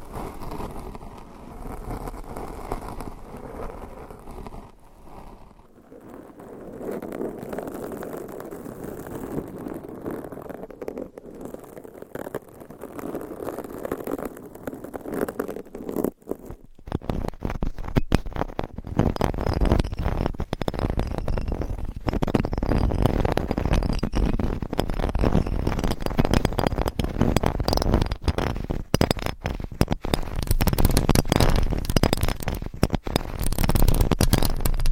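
Microphone scratching: soft muffled rubbing for fifteen seconds, then dense, rapid, louder scraping strokes fill the rest with harsh crackly texture.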